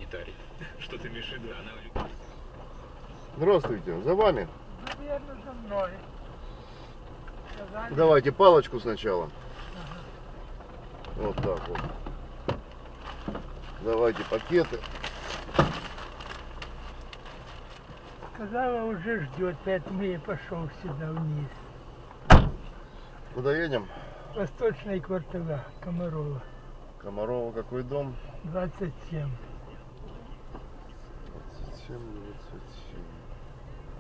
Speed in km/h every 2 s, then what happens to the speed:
0, 0, 0, 0, 0, 0, 0, 0, 0, 0, 0, 0, 2, 2, 3, 3, 4.
0-26 standing. 26-34 steady at about 3.